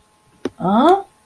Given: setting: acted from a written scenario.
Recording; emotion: vocal sound without words; confusion